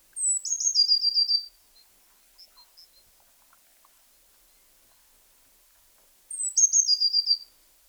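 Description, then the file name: Eurasian blue tit repeating its phrase twice, about six seconds apart: a high thin note, then a quick descending trill, with a few faint soft chips between. "Cyanistes caeruleus"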